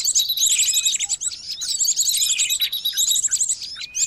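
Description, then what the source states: Birds calling in a dense mix: shrill rapid trills recurring over constant sharp chirping and twittering. Noisy mix of bird calls used as a lure (pikat).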